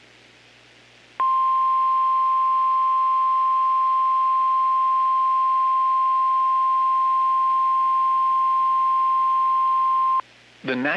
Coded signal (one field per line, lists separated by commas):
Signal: Emergency Alert System (SAME) tones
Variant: 1050 Hz attention tone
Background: speech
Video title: TONED Special Weather Statement??? | 6/26/2025 (EAS #1,430-39)